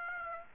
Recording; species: mosquito wingbeat signal from an infrared sensor; Aedes aegypti